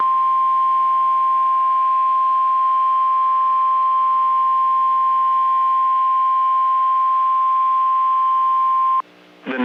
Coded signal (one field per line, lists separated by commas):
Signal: Emergency Alert System (SAME) tones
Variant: 1050 Hz attention tone